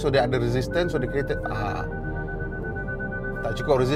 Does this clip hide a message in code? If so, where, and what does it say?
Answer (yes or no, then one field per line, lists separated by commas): no